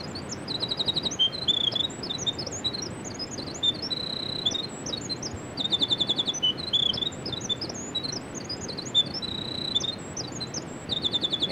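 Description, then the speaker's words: Eastern winter wren song, a long, rapid, high tinkling run of trills and twittering notes with brief pauses, bursts of fast buzzy trills at intervals, faint low background hiss. Eastern winter wren; looks the same as the western form but sings a different tune. "The two birds look the same but sing a different tune. Here's the song of the eastern winter wren."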